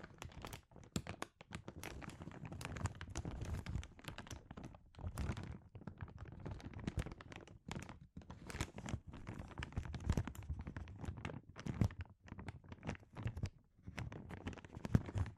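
Dense crinkling fills the whole stretch, a rapid, irregular stream of sharp crackles and crisp ticks with no pauses longer than a moment. Brief gaps near the fifth and eighth seconds break the flow, and a few louder snaps stand out toward the end.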